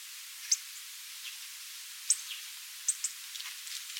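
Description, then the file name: Hawfinch calls: a few short, sharp, high ticks, single or in quick pairs, spaced irregularly over a faint hiss. "Coccothraustes coccothraustes"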